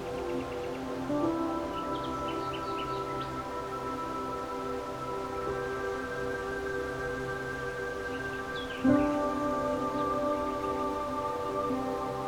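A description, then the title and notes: Soft, steady music of sustained low and mid tones plays over a constant hiss like rain or rustling leaves. Faint bird chirps flicker in the background around two to three seconds and again near nine, where a soft thud lands and the chord shifts. Meadow Serenade With Relaxing Music, Rustling Leaves & Nature Sounds.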